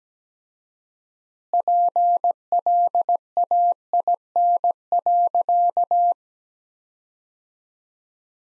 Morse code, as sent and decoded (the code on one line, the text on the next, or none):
.--. .-.. .- .. -. .-.-.-
PLAIN.